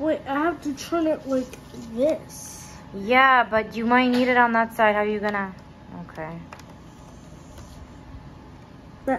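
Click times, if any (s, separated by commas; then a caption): none. A plastic Lego toy brick piece is pressed onto the side of a Super Mario 64 block model while people talk throughout. No sharp snap stands out, and the piece has not clicked into place yet.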